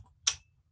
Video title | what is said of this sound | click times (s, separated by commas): zoom FIL2461-0001 02/08/21 WK5 - Camera Building | So now it's locked in there. | 0.3 s